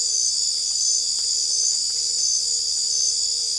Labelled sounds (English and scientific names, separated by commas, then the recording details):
none
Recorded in dense forest near Puerto Asís, Putumayo, Colombia, on 22 December 2024 at 22:30
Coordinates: 0.482, -76.320
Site G021